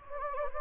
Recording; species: mosquito wingbeat signal from an infrared sensor; Anopheles gambiae